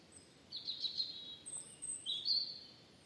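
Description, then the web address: European robin, thin high warbling phrases with sliding, twittering notes in two bursts, plus very high thin notes, over faint background hiss. "Deverinetal 2025 File origin Bird Only Er Ru"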